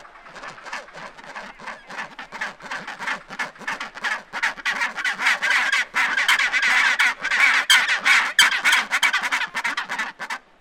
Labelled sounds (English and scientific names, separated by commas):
Chinstrap Penguin (Pygoscelis antarcticus) call